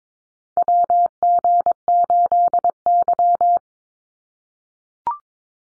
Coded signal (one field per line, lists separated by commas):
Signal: Morse code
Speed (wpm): 22 wpm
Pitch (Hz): 700 Hz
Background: none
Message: WG8Y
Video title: NA SOTA Chaser Callsigns 22wpm